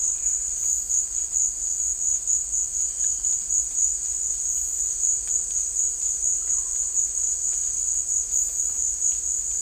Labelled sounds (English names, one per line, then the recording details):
none
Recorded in dense forest near Puerto Asís, Putumayo, Colombia, on 21 December 2024 at 15:30
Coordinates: 0.485, -76.318
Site GP03